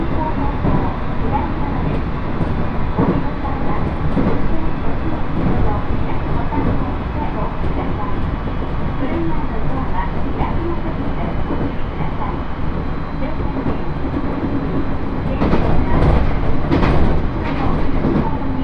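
Inside a crowded train on the Uetsu Line, a steady low rumble of wheels runs throughout under murmured voices, with brief rattles near the end.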